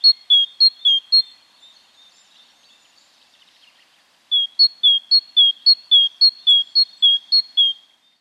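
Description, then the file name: Great tit call series: paired high metallic notes repeated briskly, a short run, a few quiet seconds of faint notes, then a longer rapid string of sharp notes. "Parus major"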